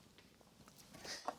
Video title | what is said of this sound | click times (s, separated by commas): Nuova Simonelli Mythos Espresso Grinder - Commercial Crew Review | it does lock into place nicely | 1.3 s